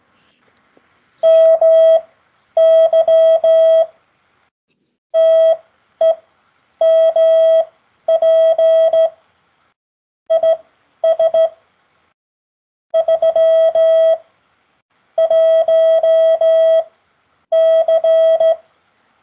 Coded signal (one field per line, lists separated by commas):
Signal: Morse code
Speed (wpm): 15 wpm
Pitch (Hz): 650 Hz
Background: none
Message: MY TEMP IS 3 1C